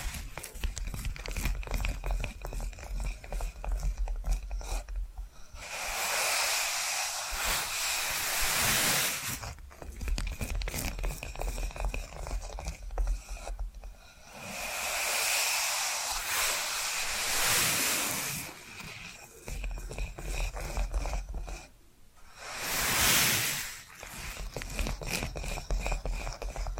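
Dense, quick tapping and scratching runs throughout, broken by longer bright hissing rubs around 6, 15 and 23 seconds over a low steady hum.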